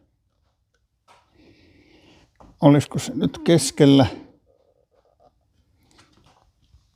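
A Mopeka magnetic gas level sensor with two magnets is handled near the underside of a steel gas bottle as someone talks about placing it roughly in the middle. Faint handling rustles and small taps are heard around the speech. The sensor has not snapped on or seated yet.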